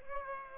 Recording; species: mosquito wingbeat signal from an infrared sensor; Aedes aegypti